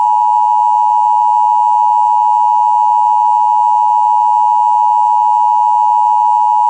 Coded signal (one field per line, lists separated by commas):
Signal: Emergency Alert System (SAME) tones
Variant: 853 and 960 Hz attention tone